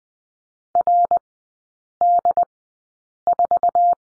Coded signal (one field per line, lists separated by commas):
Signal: Morse code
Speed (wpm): 20 wpm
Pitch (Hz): 700 Hz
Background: none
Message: RD4